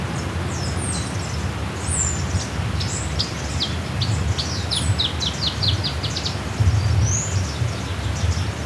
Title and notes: Myiothlypis nigrocristata o reinita crestinegra. Este audio fue grabado el día 02 de julio del año 2025, en la Finca Zarautz, Claustro Moderno, Bogotá, Colombia.